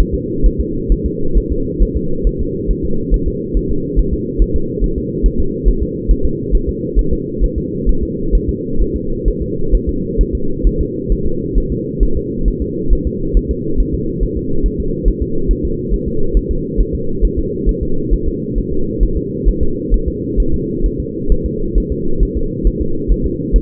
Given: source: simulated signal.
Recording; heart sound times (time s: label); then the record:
fetal heart sounds
0.00 s: S1
0.14 s: S2
0.46 s: S1
0.61 s: S2
0.92 s: S1
1.06 s: S2
1.38 s: S1
1.52 s: S2
1.82 s: S1
1.97 s: S2
2.27 s: S1
2.41 s: S2
2.71 s: S1
2.85 s: S2
3.14 s: S1
3.28 s: S2
3.57 s: S1
3.71 s: S2
3.99 s: S1
4.14 s: S2
4.42 s: S1
4.56 s: S2
4.84 s: S1
4.98 s: S2
5.26 s: S1
5.40 s: S2
5.68 s: S1
5.83 s: S2
6.11 s: S1
6.25 s: S2
6.55 s: S1
6.69 s: S2
6.99 s: S1
7.13 s: S2
7.44 s: S1
7.58 s: S2
7.89 s: S1
8.03 s: S2
8.35 s: S1
8.49 s: S2
8.82 s: S1
8.96 s: S2
9.28 s: S1
9.42 s: S2
9.75 s: S1
9.89 s: S2
10.21 s: S1
10.35 s: S2
10.67 s: S1
10.81 s: S2
11.12 s: S1
11.26 s: S2
11.58 s: S1
11.72 s: S2
12.03 s: S1
12.17 s: S2
12.48 s: S1
12.62 s: S2
12.93 s: S1
13.07 s: S2
13.37 s: S1
13.51 s: S2
13.80 s: S1
13.94 s: S2
14.23 s: S1
14.37 s: S2
14.66 s: S1
14.80 s: S2
15.08 s: S1
15.22 s: S2
15.51 s: S1
15.65 s: S2
15.94 s: S1
16.08 s: S2
16.37 s: S1
16.51 s: S2
16.81 s: S1
16.95 s: S2
17.25 s: S1
17.39 s: S2
17.69 s: S1
17.83 s: S2
18.14 s: S1
18.28 s: S2
18.58 s: S1
18.72 s: S2
19.03 s: S1
19.17 s: S2
19.49 s: S1
19.63 s: S2
19.94 s: S1
20.08 s: S2
20.40 s: S1
20.54 s: S2
20.86 s: S1
21.00 s: S2
21.32 s: S1
21.46 s: S2
21.78 s: S1
21.92 s: S2
22.23 s: S1
22.37 s: S2
22.67 s: S1
22.81 s: S2
23.12 s: S1
23.26 s: S2
23.56 s: S1
From the record:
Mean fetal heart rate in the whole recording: 135 bpm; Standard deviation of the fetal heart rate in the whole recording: 3 bpm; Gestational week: 36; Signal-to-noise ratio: -8.1 dB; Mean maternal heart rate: 72 bpm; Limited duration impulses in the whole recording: present